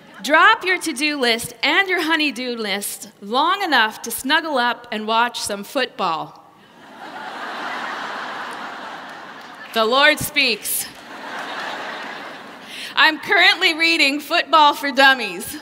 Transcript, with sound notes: “Drop your to-do list and your honey-do list long enough to snuggle up and watch some football." (laughter) The Lord speaks! I’m currently reading Football for Dummies.